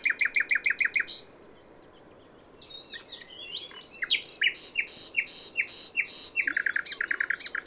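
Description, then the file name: Common nightingale song with a fast stuttering series of repeated notes, a soft pause of varied chirps, then dense, rich phrases ending in another rapid rattle. "Luscinia megarhynchos"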